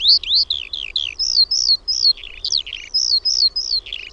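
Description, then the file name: Eurasian skylark song, quick high whistled phrases that swoop up and down, delivered in short bursts with tiny gaps, clear and strong. "KIURU"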